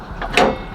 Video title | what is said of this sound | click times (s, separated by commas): Changing My Box Chevy's Passenger Door Lock to Match the Driver Door | So we gonna hear it to click, push that down. | 0.4 s